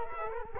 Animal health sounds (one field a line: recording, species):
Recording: mosquito wingbeat signal from an infrared sensor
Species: Culex quinquefasciatus